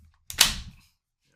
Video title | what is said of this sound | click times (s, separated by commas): Elite Force Umarex KWA HK416D LM4D | So it's goes in there with a nice click, and it stays. | 0.4 s